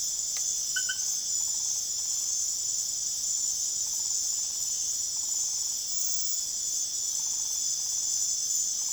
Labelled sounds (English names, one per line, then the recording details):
none
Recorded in secondary vegetation near Puerto Asís, Putumayo, Colombia, on 23 June 2025 at 22:30
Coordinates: 0.489, -76.322
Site G021